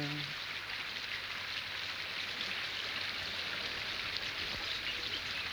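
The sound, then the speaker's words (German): Steady, even rushing of a dark river cutting through flat, wide, bright land, a continuous hiss-like wash with faint lapping of small waves and no voices, holding the same moderate level throughout. “Das flache, weite, helle Land wird von dem dunklen Fluss, in dem Herr Müller schwimmt, zerschnitten.”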